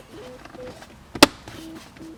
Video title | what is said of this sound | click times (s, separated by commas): Challenger Hellcat: Barton Shifter Install Pt. 2 | and it's snapped in place now I'm going to go ahead and put my um | 1.2 s